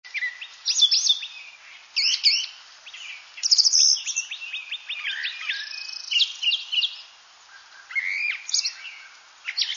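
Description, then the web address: Thrasher song: a long string of varied phrases, some notes repeated in quick short series, with slurred whistles and squeaky elements. "birdwatchernj birdsongs thrasher"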